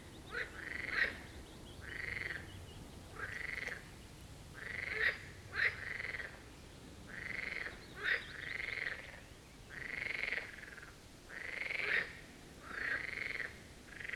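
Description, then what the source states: Marsh frogs in chorus, rattling croaks of about half a second to a second, overlapping and repeated roughly every second. Chorus of marsh frogs at the Birkensee in Schönbuch, Germany, recorded on one of the first proper hot days of summer 2023.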